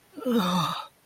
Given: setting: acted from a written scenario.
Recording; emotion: vocal sound without words; ecstasy